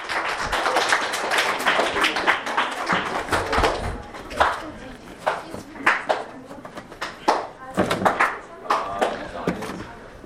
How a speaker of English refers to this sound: You got it. Clap for yourselves.